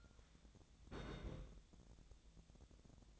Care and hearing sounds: daily activity, microphone in the room; place on stove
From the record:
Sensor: 3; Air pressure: 1000.0 hPa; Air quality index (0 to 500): 127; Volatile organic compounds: 2 ppm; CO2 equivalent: 1136 ppm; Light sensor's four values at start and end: 42/106/45/50 and 42/106/45/50

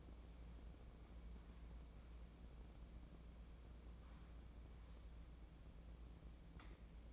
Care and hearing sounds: daily activity, microphone in the room; wipe stove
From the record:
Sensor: 1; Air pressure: 1012.4 hPa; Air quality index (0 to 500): 148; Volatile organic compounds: 2 ppm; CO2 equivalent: 1218 ppm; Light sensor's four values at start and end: 1501/3044/1500/1648 and 1378/2812/1380/1526

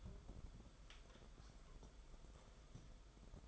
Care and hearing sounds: daily activity, microphone in the room; take from stove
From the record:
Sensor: 5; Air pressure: 994.5 hPa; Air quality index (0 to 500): 187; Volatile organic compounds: 1000 ppm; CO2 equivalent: 5486 ppm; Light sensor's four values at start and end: 43/130/51/56 and 44/132/52/57

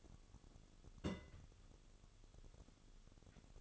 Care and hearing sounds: daily activity, microphone in the room; place on stove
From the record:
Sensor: 4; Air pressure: 1008.8 hPa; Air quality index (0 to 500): 112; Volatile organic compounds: 1 ppm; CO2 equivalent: 834 ppm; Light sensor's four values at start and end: 10/22/9/8 and 10/22/9/8

